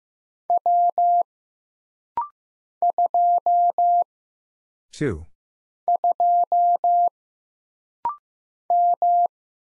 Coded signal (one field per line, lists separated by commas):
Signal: Morse code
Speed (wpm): 15 wpm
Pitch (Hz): 700 Hz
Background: none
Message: W 2 2 M